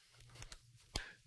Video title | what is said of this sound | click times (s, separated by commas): LIVE! Reviewing the Seagate 1 TB One Touch - Portable External Solid State Drive for PC and Mac | I guess I just didn't have the cable plug although good enough in because it kind of heard it click that time that's | 1.0 s